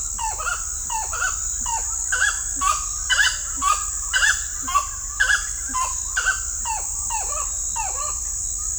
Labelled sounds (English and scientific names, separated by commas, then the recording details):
Gray-cowled Wood-Rail (Aramides cajaneus)
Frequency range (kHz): Gray-cowled Wood-Rail (Aramides cajaneus) 0.3-5.2 kHz
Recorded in shrubland near Pivijay, Magdalena, Colombia, on 2 June 2023 at 05:00
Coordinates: 10.453, -74.365
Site P5-G022